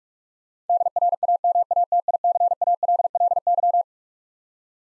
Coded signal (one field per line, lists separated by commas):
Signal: Morse code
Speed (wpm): 44 wpm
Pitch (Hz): 700 Hz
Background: none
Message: DRAMATICALLY